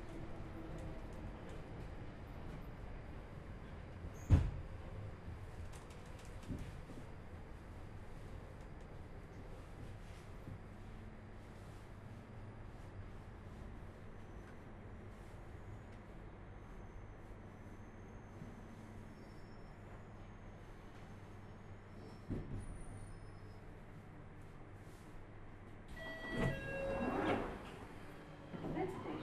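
An empty Underground train rolls on with a steady low rumble and hum throughout. A sharp knock near four seconds and a brief swell around twenty-two break the drone, and a louder burst of clattering and squealing rises near the end.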